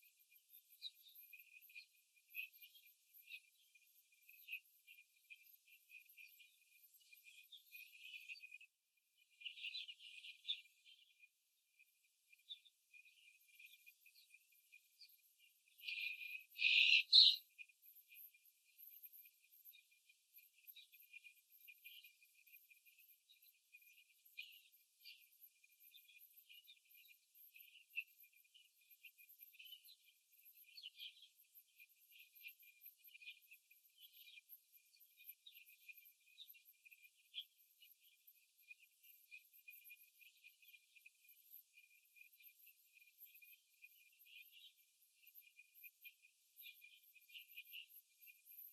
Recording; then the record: young laying hens in a cage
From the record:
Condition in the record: after the stressor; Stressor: simulated dog barking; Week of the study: 3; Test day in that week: 2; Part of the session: 2